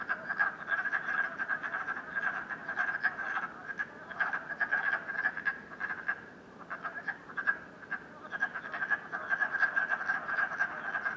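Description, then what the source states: Chorus of frogs giving rapid, pulsing croaks that overlap steadily, swelling and easing in waves throughout. Frogs croaking at night in Canada, recorded during COVID-19.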